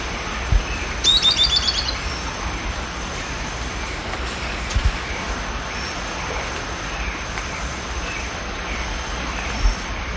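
Bird song: one brief high whistle running into a rapid tinkling trill early on, against steady hiss with a few soft knocks.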